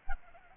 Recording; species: mosquito wingbeat signal from an infrared sensor; Aedes albopictus